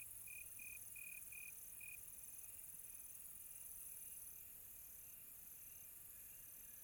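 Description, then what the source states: Crickets chirping in a dense high chorus, with a brief run of short trills early on and a steady band of higher insect trilling throughout. Crickets on a quiet tropical night, recorded close.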